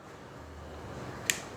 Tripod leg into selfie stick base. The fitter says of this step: இப்படி வந்து உள்ள லாக் ஆகிடும் அண்ட் ட்ரைபாட் இருக்கும்.